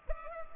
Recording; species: mosquito wingbeat signal from an infrared sensor; Culex pipiens